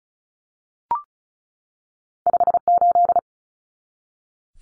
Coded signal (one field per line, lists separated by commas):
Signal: Morse code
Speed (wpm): 34 wpm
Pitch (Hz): 700 Hz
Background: none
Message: 58